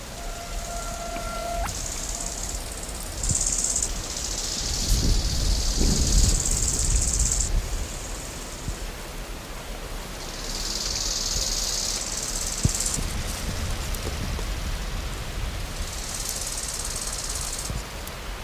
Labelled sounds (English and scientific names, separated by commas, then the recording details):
Bow-winged Grasshopper (Chorthippus biguttulus) stridulation
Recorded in the wild
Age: imago
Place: Lienen, Nordrhein-Westfalen, DE
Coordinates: 52.1625, 7.96528
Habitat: meadow, clearing
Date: 1991-09-12 10:47
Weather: sunny, 15-21°C
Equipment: Marantz CP 430, Kopie Tesla B 116
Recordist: Tembrock, Günter
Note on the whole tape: Weg in den Teuteburger Wald, dahinter Viehweiden, dann den Weg aufwärts bis zu einer Waldlichtung. Stridulation, mehrere Exemplare, z.T. sehr gut